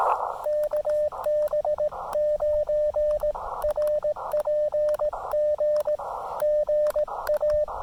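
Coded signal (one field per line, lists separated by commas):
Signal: Morse code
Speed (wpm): 18 wpm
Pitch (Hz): 600 Hz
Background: radio noise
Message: KB9RPG GA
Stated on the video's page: Park activation CW on 20 meters, Elecraft KX2 with KXPD2 paddles into an MFJ-1984LP end-fed half-wave antenna; loose PL-259 connector caused some scratchiness.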